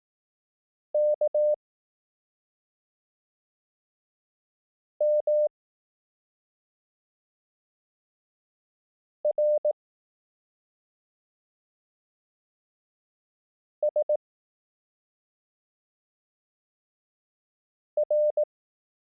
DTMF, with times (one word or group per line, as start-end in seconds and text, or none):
none